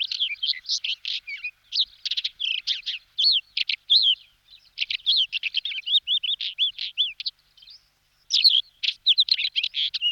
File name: Belorit plavy Oenanthe isabellina